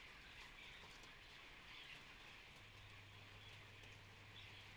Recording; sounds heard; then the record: poultry house recording; healthy chickens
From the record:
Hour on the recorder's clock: 12